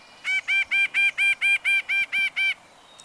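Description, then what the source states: White-breasted Nuthatch calls: ten nasal, honking notes in an even run lasting about two seconds. One of the two most common of the four nuthatch species living in the United States.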